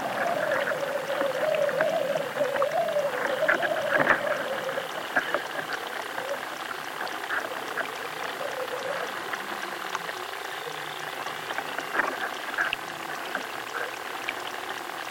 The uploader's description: The mysterious sounds of underwater life, here recorded in a chalk river in southern England